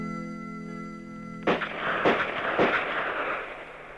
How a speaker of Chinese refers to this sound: 早晨，当迷人的秋天的阳光还没有爬上千家万户的窗台时，803就带领他的部下刑警队员开赴靶场实弹练习。清脆的枪声划破了万里晴空。